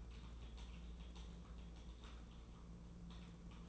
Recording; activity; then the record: daily activity, microphone in the room; typing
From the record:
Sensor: 1